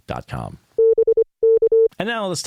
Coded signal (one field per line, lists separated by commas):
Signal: Morse code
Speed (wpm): 25 wpm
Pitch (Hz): 450 Hz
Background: speech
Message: B K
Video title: Amateur Radio News and Notes 12/5/2025